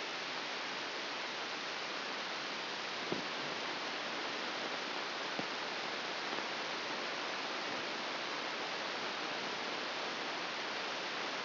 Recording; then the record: brain microelectrode recording played as sound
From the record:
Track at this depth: outside the subthalamic nucleus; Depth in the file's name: 5.898 mm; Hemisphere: left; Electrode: 2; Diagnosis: Parkinson's disease